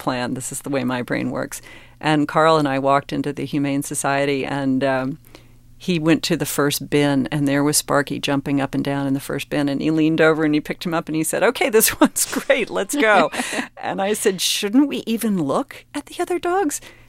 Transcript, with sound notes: This is the way my brain works. And Karl and I walked into the Humane Society, and he went to the first bin. And there was Sparky jumping up and down in the first bin. And he leaned over, and he picked him up. And he said, OK, this one's great, let's go.
(LAUGHTER)
And I said, shouldn't we even look at the other dogs?